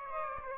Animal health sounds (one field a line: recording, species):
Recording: mosquito wingbeat signal from an infrared sensor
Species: Aedes aegypti